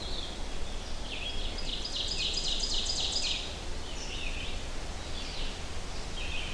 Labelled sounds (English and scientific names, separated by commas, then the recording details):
Ovenbird (Seiurus aurocapilla) song
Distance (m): 35 m
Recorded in boreal forest in Alberta, Canada, on 25 June 2016 at 05:45
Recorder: SongMeter 3, array SBT-6-76
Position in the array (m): 22 m, 111 m
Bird 2